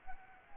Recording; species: mosquito wingbeat signal from an infrared sensor; Anopheles arabiensis